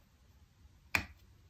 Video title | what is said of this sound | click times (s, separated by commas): Disassembly and assembly of the nest thermostat, analysis power and Wi-Fi issue | We can hear the click to tightly connect to the PCB board. | 1.0 s